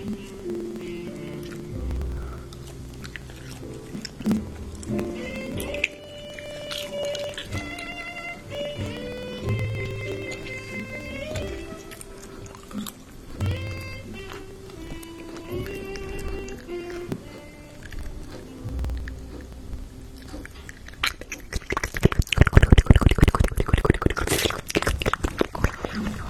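Close, wet mouth sounds: clicks, smacks and soft chewing-like noises, with brief voiced hums and squeaky tones through the first twenty seconds. Near the end, around 22 seconds, a denser, louder burst of crackly, rapid tapping takes over.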